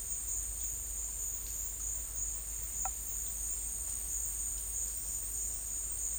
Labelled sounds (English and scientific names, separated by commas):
none